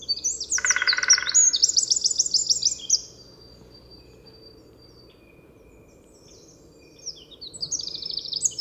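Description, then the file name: Eurasian wren song: a loud, fast high warble with rattling trills for a few seconds, resuming near the end; a brief lower buzzy sound underneath early on. "Troglodytes troglodytes"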